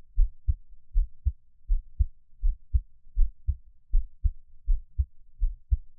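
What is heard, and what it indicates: Gentle, calm heart sounds: a person's own heartbeat heard close up, with no talking.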